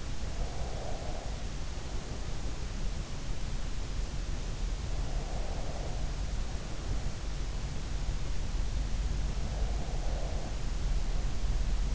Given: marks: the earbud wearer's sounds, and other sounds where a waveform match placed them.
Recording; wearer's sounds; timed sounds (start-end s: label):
sounds in sleep by an in-ear microphone; breath
0.00-2.66 s: breath
4.81-7.54 s: breath
8.97-11.95 s: breath